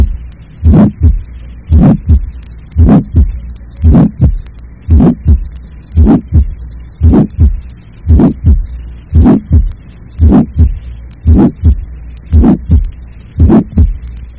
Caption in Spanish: Muchos de estos soplos inocentes tienen un timbre vibratorio muy característico. El soplo deberá ser auscultado con el receptor de campana. El soplo sistólico inocente, cuya intensidad máxima se encuentre en el área mesocárdica y el borde izquierdo del esternón, se propaga ampliamente, tomando en cuenta su baja intensidad.